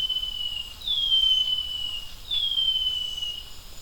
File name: Brown headed greenlet